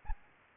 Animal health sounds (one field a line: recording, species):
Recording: mosquito wingbeat signal from an infrared sensor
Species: Aedes aegypti